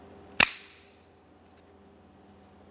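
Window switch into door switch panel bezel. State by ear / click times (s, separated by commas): seated / 0.4 s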